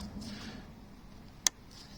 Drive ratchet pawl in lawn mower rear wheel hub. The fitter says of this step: clicks in. So that's working.